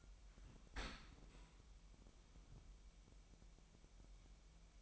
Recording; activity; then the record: daily activity, microphone in the room; open dishwasher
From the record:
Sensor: 1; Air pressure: 998.2 hPa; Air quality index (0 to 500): 140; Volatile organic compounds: 4 ppm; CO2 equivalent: 1672 ppm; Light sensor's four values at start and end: 16/54/21/22 and 16/54/21/22